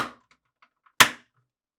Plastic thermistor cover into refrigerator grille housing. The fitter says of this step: finally align the tabs on the cover to the notches on the refrigerator housing and press until it snaps into place